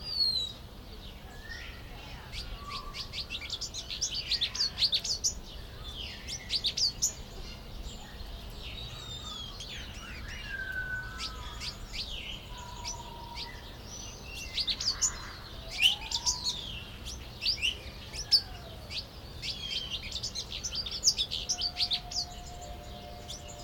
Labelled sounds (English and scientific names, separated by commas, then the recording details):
Pin-tailed Whydah (Vidua macroura)
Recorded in captivity
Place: Zoo Berlin, Berlin, DE
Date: 1996-04-20 18:13
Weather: sonnig, 23°C
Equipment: Sony MD-WM MZ-R3, Sennheiser MKH 416 T, Kopie Uher 4000 Report Monitor
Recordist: Tembrock, Günter